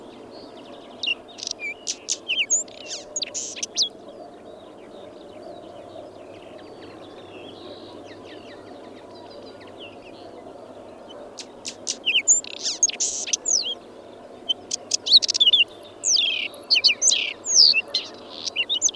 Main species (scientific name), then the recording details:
Saxicola rubetra. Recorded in the wild. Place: Lewitzrand, Insel Rügen, Mecklenburg-Vorpommern, DE. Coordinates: 53.456, 11.699. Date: 1976-05-02. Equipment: Nagra III BH, Sennheiser MD 21, parabola. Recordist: Schubert, Michael